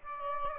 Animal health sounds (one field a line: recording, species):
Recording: mosquito wingbeat signal from an infrared sensor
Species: Aedes aegypti